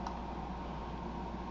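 Technic beams on a plastic brick-built section of a Lego Galaxy Squad dropship and AAV model are pushed through its mounting holes. A short, sharp tick at 0.07 s, over a steady low background hum, marks the assembly locking into place.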